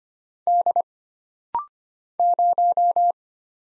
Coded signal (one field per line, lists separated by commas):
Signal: Morse code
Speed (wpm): 25 wpm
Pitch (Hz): 700 Hz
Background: none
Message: D 0